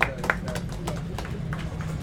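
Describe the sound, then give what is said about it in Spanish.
Scattered audience applause for Chilangolango at the First Intergalactic Encounter of fanzine creators: a few sharp, irregular claps over a low, steady hum with faint murmuring voices, thinner than a full ovation. “Aplauso fuerte para Chilangolango.”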